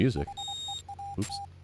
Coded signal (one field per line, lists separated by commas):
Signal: Morse code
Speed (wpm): 24 wpm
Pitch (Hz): 800 Hz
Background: speech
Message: HEAT